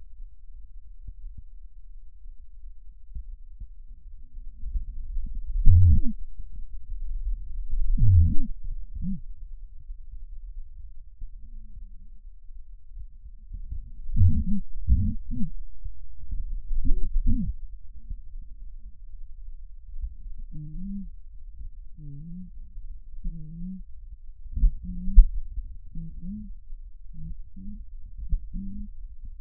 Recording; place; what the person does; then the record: lung sounds by stethoscope; right posterior apical chest; quiet breathing, then cough and speech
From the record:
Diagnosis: COPD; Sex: female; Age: 68 years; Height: 150 cm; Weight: 70 kg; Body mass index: 31.1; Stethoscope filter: bell mode